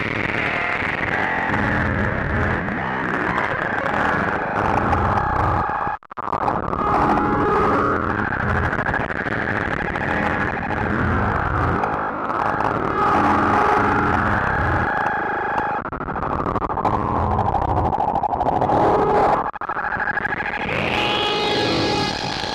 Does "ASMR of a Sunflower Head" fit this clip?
no